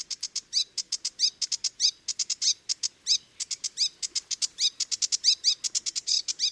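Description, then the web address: Sedge warbler delivering quick repeated chirps and upward-sweeping whistles among dry chattering notes, a lively, jerky stream. "chant didier collin phragmite des joncs"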